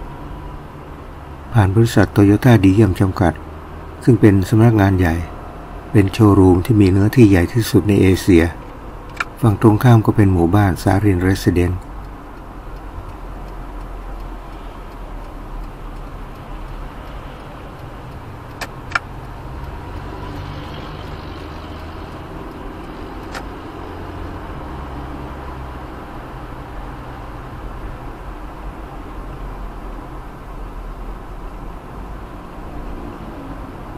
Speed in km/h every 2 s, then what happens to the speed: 32, 34, 38, 39, 40, 39, 36, 32, 30, 29, 33, 38, 42, 43, 43, 40, 38.
0-7 speeds up to 40. 7-17 slows to 29. 17-25 speeds up to 43. 25-34 steady at about 40.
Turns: none.